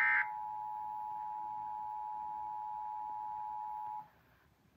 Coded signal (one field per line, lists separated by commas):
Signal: Emergency Alert System (SAME) tones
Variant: 853 and 960 Hz attention tone